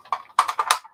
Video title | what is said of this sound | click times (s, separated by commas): Wastrel Wednesday OPEN BAR LIVESTREAM! | I push R2 down you hear that click lock s foils into attack position | 0.4 s